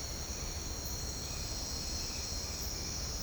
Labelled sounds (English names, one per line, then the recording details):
none
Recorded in secondary vegetation near Puerto Asís, Putumayo, Colombia, on 13 March 2025 at 07:30
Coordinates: 0.498, -76.327
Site G001